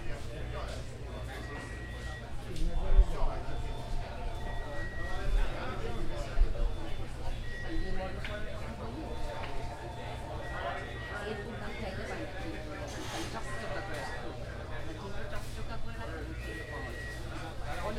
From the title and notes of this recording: At a busy market diners enjoy lunch and chatter while cooks make delicious food. Recorded on a zoom h1n. Lunch at the busy market.